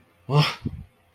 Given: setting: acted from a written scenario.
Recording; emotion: vocal sound without words; anger